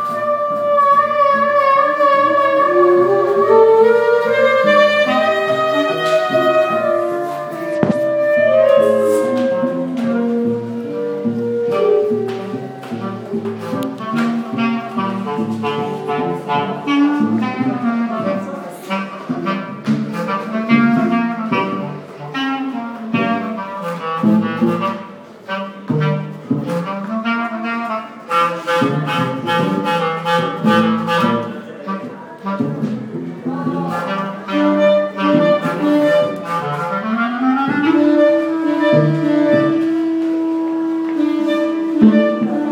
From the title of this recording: Sounds at Tacheles